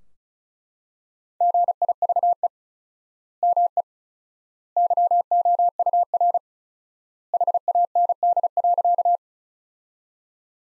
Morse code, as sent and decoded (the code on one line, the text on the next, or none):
--. .. ...- . / -- . / -.-- --- ..- .-. / .... .- -. -.. .-.-.-
GIVE ME YOUR HAND.